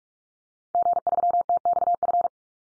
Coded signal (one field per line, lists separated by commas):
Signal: Morse code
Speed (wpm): 44 wpm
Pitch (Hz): 700 Hz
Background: none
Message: G3TXF